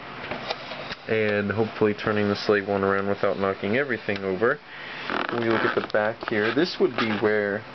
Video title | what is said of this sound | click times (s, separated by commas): Star Wars Clone Wars Exclusive Ultimate Battle Pack Rise of Boba Fett Slave 1 review part 2 | it does lock into place like that very well | 0.5 s